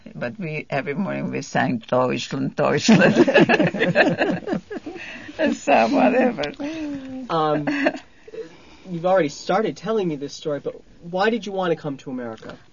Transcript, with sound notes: But every morning we sang, "Deutschland, Deutschland." ( they laugh ) Whatever.
You've already started telling me this story, but why did you want to come to America?